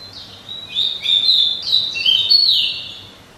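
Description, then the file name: Pied bushchat song: a continuous run of bright, scratchy whistled warbles, rising and falling quickly over a few seconds. "suara kicauan burung decu. omkicau"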